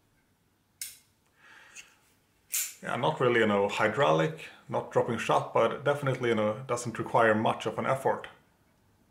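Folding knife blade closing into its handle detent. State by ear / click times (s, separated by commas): not seated / none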